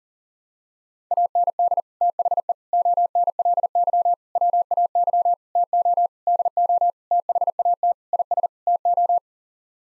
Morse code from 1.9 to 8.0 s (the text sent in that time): THE ONLY WAY TO DO THAT